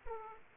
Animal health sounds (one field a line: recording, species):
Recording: mosquito wingbeat signal from an infrared sensor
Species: Aedes aegypti